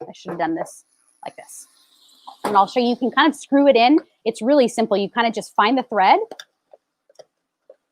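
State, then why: Seated. A plastic filter basket is screwed onto the collector cup of a plant-milk maker, found on its thread and turned until it locks. Someone talks through most of the clip, then faint small ticks of the turning follow. A sharp click at 7.7 s marks the basket seating and locking onto the cup.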